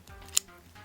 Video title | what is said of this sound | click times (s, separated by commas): Gavli Anacon - Bakugan BakuTech Retrospect Episode 12 | That goes there, and then the head snaps in place, and now it is closed. | 0.4 s